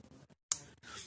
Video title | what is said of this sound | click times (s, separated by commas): Review of the FURA Cleaver. | that's the detail all clicking in place and they've got the same thing using | 0.5 s